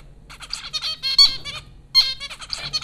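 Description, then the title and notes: Zebra finch calls, a dense run of short nasal beeps and chatter, bunched in two bursts with a brief pause near the middle. Zebra finches at Popcorn School, Flatbush, Brooklyn, New York, April 15, 2009. "Dronecast: The Popcorn Finches Four from Apr 15, 2009. Zebra finches recorded by Dan Bodah at Popcorn School, Flatbush, Brooklyn NY in April 2009"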